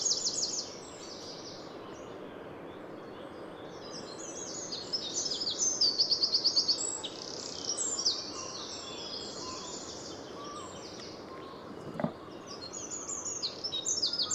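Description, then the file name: Eurasian wren singing a rapid, high, sharply trilled song, with a bright rattling burst near the middle and further fast twittering phrases over a steady background hiss. "Troglodytes troglodytes"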